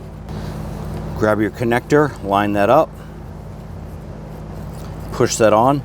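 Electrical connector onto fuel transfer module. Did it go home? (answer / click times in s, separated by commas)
no / none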